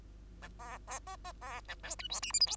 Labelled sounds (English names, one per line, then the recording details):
Bengalese Finch song
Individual Bird2